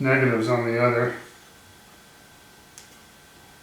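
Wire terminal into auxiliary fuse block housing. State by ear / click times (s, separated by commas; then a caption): seated / 2.8 s. Someone talks for the first second or so, then a crimped spade terminal on a wire is pushed into the back of a V-Strom auxiliary fuse block housing. A small, sharp snap sounds at 2.8 s as its locking tab catches, leaving the terminal seated and locked in place.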